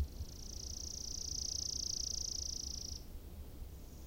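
Chipping sparrow trilling, one fast, flat, high-pitched run of dry notes lasting about three seconds over a low background rumble.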